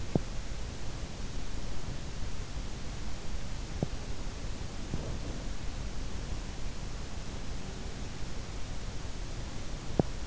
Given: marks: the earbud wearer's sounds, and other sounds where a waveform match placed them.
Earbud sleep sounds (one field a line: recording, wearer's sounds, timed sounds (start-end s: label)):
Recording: sounds in sleep by an in-ear microphone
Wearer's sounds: teeth grinding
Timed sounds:
0.00-0.57 s: teeth grinding
9.79-10.27 s: teeth grinding